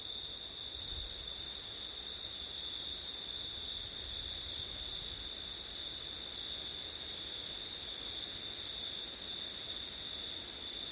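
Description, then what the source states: Crickets chirring nonstop in a dense high chorus, the main tone level and unbroken, with a brief low gust of wind near the start. Crickets on a windy September night; ortif recording.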